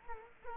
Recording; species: mosquito wingbeat signal from an infrared sensor; Culex quinquefasciatus